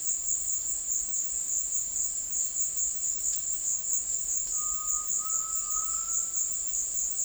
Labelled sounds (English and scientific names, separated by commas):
Undulated Tinamou (Crypturellus undulatus)